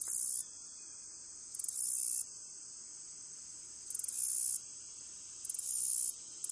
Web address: Crickets and Katydids. Blacklegged Meadow Katydid, Orchelimum nigripes